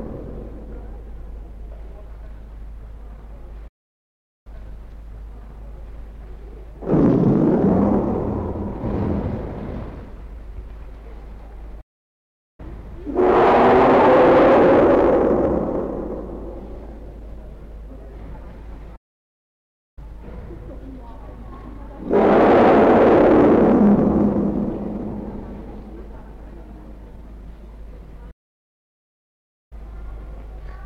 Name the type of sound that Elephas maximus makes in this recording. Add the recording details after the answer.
call. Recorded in captivity. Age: juvenile. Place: Zoo Berlin, Berlin, DE. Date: 1961-02-25 13:30. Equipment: Minifon, Kopie Smaragd. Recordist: Tembrock, Günter